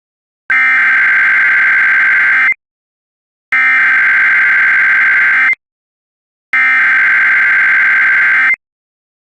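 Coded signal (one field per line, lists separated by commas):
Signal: Emergency Alert System (SAME) tones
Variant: header bursts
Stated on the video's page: Child Abduction Emergency for West Virginia.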